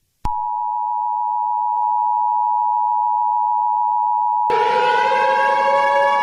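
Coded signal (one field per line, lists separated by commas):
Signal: Emergency Alert System (SAME) tones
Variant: 853 and 960 Hz attention tone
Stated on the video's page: Fictional EAS scenario; events not real.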